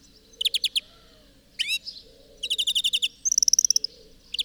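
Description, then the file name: European greenfinch calling: a short burst of notes, a single sweeping note, a rapid trill, then a high run of repeated notes. "Chloris chloris"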